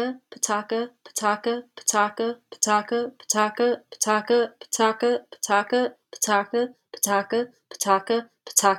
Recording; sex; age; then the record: repeated syllables /pa ta ka/; female; 20 to 29 years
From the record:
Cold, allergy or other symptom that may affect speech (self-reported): no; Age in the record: 24 years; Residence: New Jersey, United States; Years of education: 16